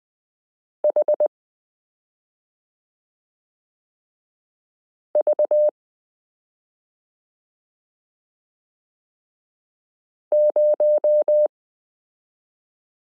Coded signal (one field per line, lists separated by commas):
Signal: Morse code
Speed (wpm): 20 wpm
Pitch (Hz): 600 Hz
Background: none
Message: HV0